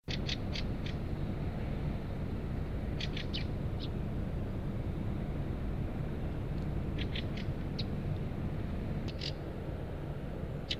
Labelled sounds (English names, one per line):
Fieldfare call